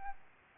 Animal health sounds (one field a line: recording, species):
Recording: mosquito wingbeat signal from an infrared sensor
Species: Aedes albopictus